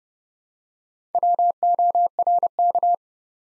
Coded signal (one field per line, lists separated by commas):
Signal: Morse code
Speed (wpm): 30 wpm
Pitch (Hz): 700 Hz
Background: none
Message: WORK